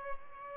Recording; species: mosquito wingbeat signal from an infrared sensor; Aedes albopictus